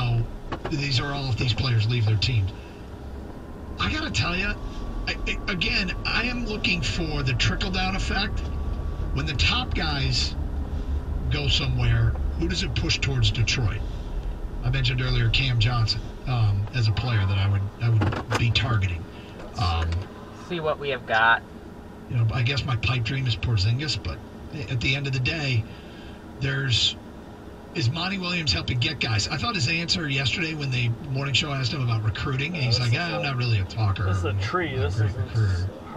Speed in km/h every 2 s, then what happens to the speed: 0, 0, 15, 19, 23, 23, 19, 10, 0, 0, 0, 0, 0, 0, 0, 0, 0, 0.
0-2 standing. 2-7 pulls away to 23. 7-15 slows to 0. 15-36 standing.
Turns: none.